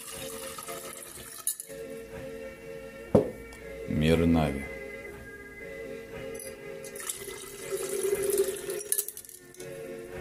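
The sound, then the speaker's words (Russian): A sharp glassy clink, then a short burst of water being poured between glass vessels to mix three sources together, with a rising, ringing tone, followed by softer trickling. A person speaks briefly over a faint background hum. “И теперь смешиваете все эти источники. Так же, как наливали.”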